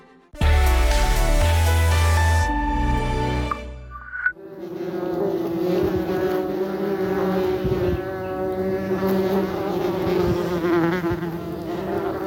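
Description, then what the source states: Wasps and bumblebees buzzing in a steady, low, rough drone, after about four seconds of music. Wasps and bumblebees going into a hole in a meadow, possibly a mole tunnel; listener Walter Vergeer left his phone by the hole; he says it sounds like a motocross.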